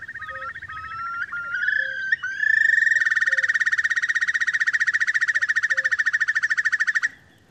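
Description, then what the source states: Whimbrel call: a few clear whistled notes that rise into a long, fast, even trill of bubbling notes for about four seconds. A soft low note repeats in the background. Timbre quite different from the preceding birds; similar to Eurasian Curlew but not the same.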